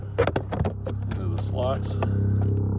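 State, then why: Not seated. Someone talks while the plastic cabin air filter access cover of a 2022 Chevy Silverado 1500 2.7L is handled into its slots in the housing behind the glove box, to be pushed to the right until it locks in behind the retaining tabs. Several sharp plastic taps and knocks sound in the first 0.7 seconds, with another at 1.1 seconds, over a steady low hum. Nothing has seated or clicked yet.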